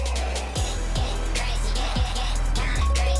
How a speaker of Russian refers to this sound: Мимо проносятся грузовики.